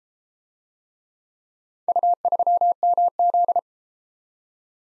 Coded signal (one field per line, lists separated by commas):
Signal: Morse code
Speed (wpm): 33 wpm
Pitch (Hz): 700 Hz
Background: none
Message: U3MZ